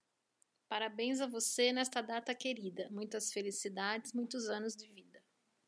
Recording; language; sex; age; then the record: short text; Brazilian Portuguese; female; 50 to 59 years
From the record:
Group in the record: control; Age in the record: 52 years